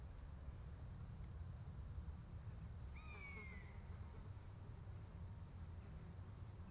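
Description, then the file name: Buzzard-type single mewing call, a thin falling whistle heard once midway, over continuous low-pitched rumbling noise. A pair of buzzards. "jl buzzard pair"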